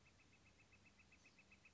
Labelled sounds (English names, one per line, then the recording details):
Northern Flicker
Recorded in Sonoma County, California